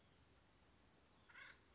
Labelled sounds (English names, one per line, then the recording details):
Acorn Woodpecker
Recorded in Sonoma County, California